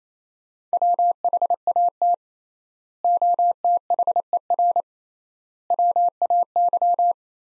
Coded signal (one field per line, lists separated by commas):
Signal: Morse code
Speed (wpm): 28 wpm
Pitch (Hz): 700 Hz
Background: none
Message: WHAT OTHER WAY